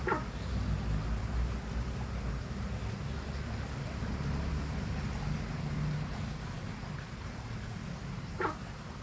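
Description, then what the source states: Günther's frog with a brief barking call at the start and another near the end, set against heavy low-pitched rumbling noise. Local common name translates as 'dog frog'.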